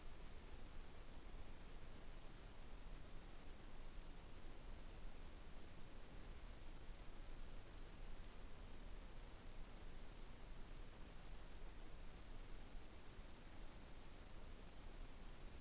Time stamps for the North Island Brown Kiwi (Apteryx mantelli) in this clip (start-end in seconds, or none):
none